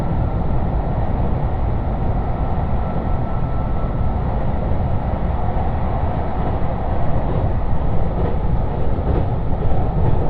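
Steady low rumble inside a diesel express train, dense and continuous, with a faint high whine throughout and light rattles near the end.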